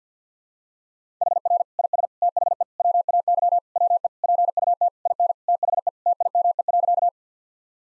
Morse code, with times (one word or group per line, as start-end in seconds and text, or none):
1.2-1.6 HR
1.8-2.1 IS
2.2-2.6 THE
2.8-3.6 WAY
3.8-4.1 WE
4.2-4.9 PUT
5.1-5.3 IN
5.5-5.9 THE
6.1-7.1 TIME.